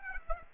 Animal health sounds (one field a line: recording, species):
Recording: mosquito wingbeat signal from an infrared sensor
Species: Aedes aegypti